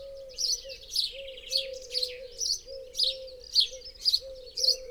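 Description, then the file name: House sparrow calling with a run of sharp, high chirps repeated about twice a second, a low droning tone beneath them. "Passer domesticus"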